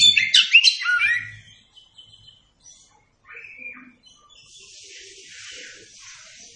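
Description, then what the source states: Oriental magpie-robin song: a quick tumbling phrase of bright whistles, then a few scattered notes and a stretch of soft hiss. Masteran (training song recording) meant for teaching captive Kacer birds to sing.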